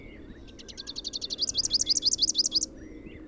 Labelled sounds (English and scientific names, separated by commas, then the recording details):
Rufous-capped Warbler (Basileuterus rufifrons) song
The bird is a male
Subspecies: rufifrons
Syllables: 26
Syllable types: 3
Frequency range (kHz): 2.6-7.6 kHz
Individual YA-RNS-M